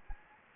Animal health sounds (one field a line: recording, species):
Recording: mosquito wingbeat signal from an infrared sensor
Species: Anopheles gambiae